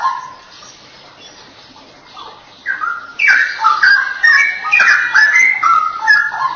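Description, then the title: Oriental magpie-robin song, quiet at first, then loud bright varied whistles from about three seconds on, phrases tumbling quickly. "Kicau Kacer"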